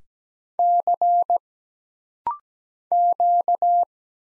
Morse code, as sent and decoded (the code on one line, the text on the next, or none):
-.-. / --.-
C Q